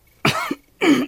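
Two short, loud coughs from an adult about half a second apart, the second with a rough, throaty voiced tail. It is an acted cough in a dramatized scene, attributed to a mild cold brought on by the change in weather and climate.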